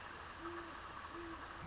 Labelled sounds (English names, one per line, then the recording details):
Great Horned Owl
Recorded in Sonoma County, California